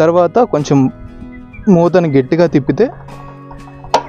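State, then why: Seated. A plastic fuel cap is twisted firmly onto the petrol tank of a 7 hp power weeder after filling with petrol, while someone talks. Two faint ticks come at 3.5 s and 3.8 s, then a sharp, loud click at 3.9 s as the cap seats tight, closed so it won't leak.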